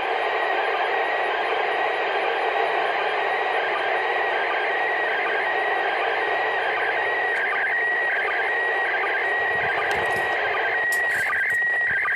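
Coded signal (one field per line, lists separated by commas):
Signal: SSTV (slow-scan television)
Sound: faint warbling tone wandering between mid and high pitch under heavy hiss, occasional low blips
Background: radio static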